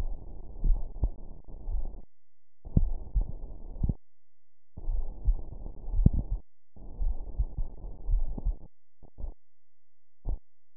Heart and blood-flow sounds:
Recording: heart sounds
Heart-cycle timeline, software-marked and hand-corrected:
not marked
From the record:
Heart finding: coronary artery disease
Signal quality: poor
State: rest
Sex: female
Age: 55 years

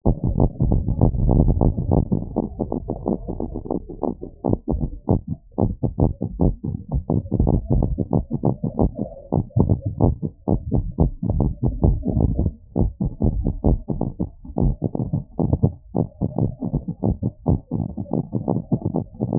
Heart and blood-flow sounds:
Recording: heart sounds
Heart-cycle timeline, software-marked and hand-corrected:
not marked
From the record:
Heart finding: abnormal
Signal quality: poor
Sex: male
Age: 76 years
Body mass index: 23.9

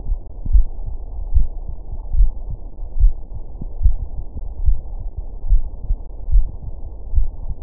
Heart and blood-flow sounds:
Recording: heart sounds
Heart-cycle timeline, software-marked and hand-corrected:
0.00	0.02	S2
0.02	0.50	diastole
0.50	0.66	S1
0.66	0.84	systole
0.84	0.92	S2
0.92	1.32	diastole
1.32	1.46	S1
1.46	1.64	systole
1.64	1.74	S2
1.74	2.14	diastole
2.14	2.30	S1
2.30	2.48	systole
2.48	2.56	S2
2.56	2.98	diastole
2.98	3.12	S1
3.12	3.30	systole
3.30	3.40	S2
3.40	3.82	diastole
3.82	3.96	S1
3.96	4.14	systole
4.14	4.24	S2
4.24	4.64	diastole
4.64	4.76	S1
4.76	4.94	systole
4.94	5.04	S2
5.04	5.48	diastole
5.48	5.62	S1
5.62	5.80	systole
5.80	5.88	S2
5.88	6.30	diastole
6.30	6.44	S1
6.44	6.62	systole
6.62	6.72	S2
6.72	7.14	diastole
7.14	7.28	S1
7.28	7.44	systole
7.44	7.54	S2
7.54	7.62	diastole
From the record:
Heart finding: coronary artery disease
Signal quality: good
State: rest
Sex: female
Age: 69 years

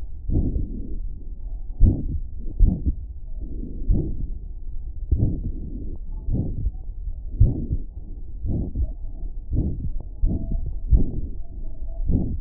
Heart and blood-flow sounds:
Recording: heart sounds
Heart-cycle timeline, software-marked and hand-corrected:
0.00	0.29	diastole
0.29	0.44	S1
0.44	0.57	systole
0.57	0.71	S2
0.71	1.78	diastole
1.78	1.93	S1
1.93	2.07	systole
2.07	2.19	S2
2.19	2.59	diastole
2.59	2.73	S1
2.73	2.83	systole
2.83	2.96	S2
2.96	3.88	diastole
3.88	4.04	S1
4.04	4.18	systole
4.18	4.29	S2
4.29	5.10	diastole
5.10	5.24	S1
5.24	5.43	systole
5.43	5.54	S2
5.54	6.30	diastole
6.30	6.44	S1
6.44	6.62	systole
6.62	6.74	S2
6.74	7.37	diastole
7.37	7.51	S1
7.51	7.72	systole
7.72	7.81	S2
7.81	8.52	diastole
8.52	8.64	S1
8.64	8.76	systole
8.76	8.85	S2
8.85	9.52	diastole
9.52	9.66	S1
9.66	9.82	systole
9.82	9.95	S2
9.95	10.22	diastole
10.22	10.35	S1
10.35	10.52	systole
10.52	10.62	S2
10.62	10.90	diastole
10.90	11.02	S1
11.02	11.17	systole
11.17	11.29	S2
11.29	12.04	diastole
12.04	12.19	S1
12.19	12.38	systole
12.38	12.41	S2
From the record:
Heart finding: aortic stenosis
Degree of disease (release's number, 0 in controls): 2 to 3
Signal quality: good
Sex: female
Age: 88 years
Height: 1.5 m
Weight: 73 kg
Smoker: no

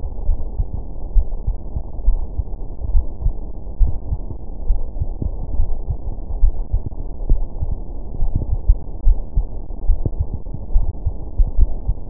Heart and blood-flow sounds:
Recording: heart sounds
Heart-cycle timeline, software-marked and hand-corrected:
0.00	0.26	diastole
0.26	0.38	S1
0.38	0.58	systole
0.58	0.68	S2
0.68	1.14	diastole
1.14	1.26	S1
1.26	1.46	systole
1.46	1.58	S2
1.58	2.06	diastole
2.06	2.20	S1
2.20	2.36	systole
2.36	2.44	S2
2.44	2.90	diastole
2.90	3.06	S1
3.06	3.24	systole
3.24	3.34	S2
3.34	3.80	diastole
3.80	3.94	S1
3.94	4.10	systole
4.10	4.20	S2
4.20	4.68	diastole
4.68	4.82	S1
4.82	5.00	systole
5.00	5.10	S2
5.10	5.54	diastole
5.54	5.66	S1
5.66	5.86	systole
5.86	5.96	S2
5.96	6.40	diastole
6.40	6.52	S1
6.52	6.72	systole
6.72	6.82	S2
6.82	7.28	diastole
7.28	7.42	S1
7.42	7.62	systole
7.62	7.74	S2
7.74	8.20	diastole
8.20	8.32	S1
8.32	8.50	systole
8.50	8.60	S2
8.60	9.06	diastole
9.06	9.18	S1
9.18	9.36	systole
9.36	9.46	S2
9.46	9.86	diastole
9.86	10.00	S1
10.00	10.18	systole
10.18	10.28	S2
10.28	10.74	diastole
10.74	10.86	S1
10.86	11.04	systole
11.04	11.14	S2
11.14	11.58	diastole
11.58	11.70	S1
11.70	11.88	systole
11.88	11.96	S2
11.96	12.10	diastole
From the record:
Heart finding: coronary artery disease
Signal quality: good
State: rest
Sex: female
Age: 65 years

